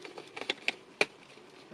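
The plastic head of a BTS Version 4 fan lightstick is fitted and twisted onto its handle body, with small plastic clicks and rattles around 0.4, 0.5 and 0.7 seconds. A sharp, louder click at 1.0 s marks the head locking home. The parts stop partway, so they must be turned once more until a click is heard and they go no further, which shows the lightstick is fully attached and seated.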